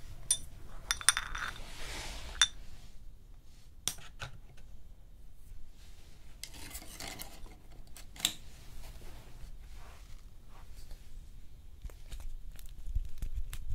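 Hand massage and nail care: a brisk rubbing burst at the start, then scattered soft clicks, taps and brushing strokes over a low hum.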